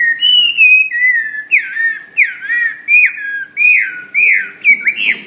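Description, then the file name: Hwamei song: loud, clear whistled phrases, each a bending slur, rich and melodious. "omkicau hwamey"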